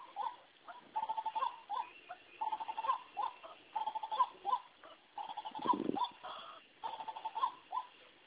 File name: Amaurornis Phoenicurus Call